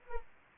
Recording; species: mosquito wingbeat signal from an infrared sensor; Anopheles arabiensis